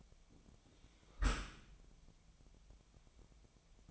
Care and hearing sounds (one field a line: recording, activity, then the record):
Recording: daily activity, microphone in the room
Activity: close dishwasher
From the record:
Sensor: 1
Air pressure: 1006.8 hPa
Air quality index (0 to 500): 209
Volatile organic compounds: 24 ppm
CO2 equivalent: 2812 ppm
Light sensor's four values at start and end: 12/31/12/14 and 12/31/12/14